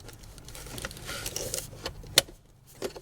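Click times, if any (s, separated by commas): 2.2 s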